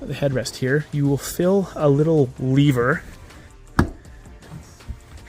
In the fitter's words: so you heard the click now we pull this back down